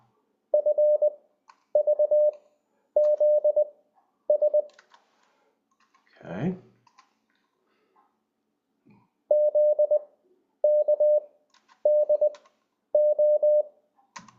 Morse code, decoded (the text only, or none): FVZS ZKDO